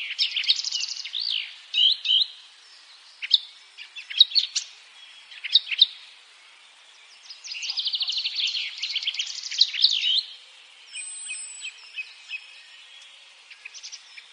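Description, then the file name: Eurasian blackcap warbling in several bursts, rapid chattering phrases mixed with clear rising and falling notes, separated by short quiet gaps and a thin high whistle. "Sylvia atricapilla"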